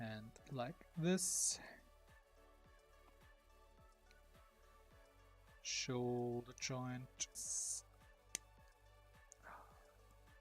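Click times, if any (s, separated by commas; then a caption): none. While assembling the right arm of a plastic model kit, a plastic part is handled near its joint as someone talks over background music, with a few faint, sharp ticks. The clip ends before the part is pushed home; nothing has seated or clicked yet.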